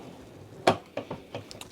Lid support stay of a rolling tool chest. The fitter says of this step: it locks into place because this is big and heavy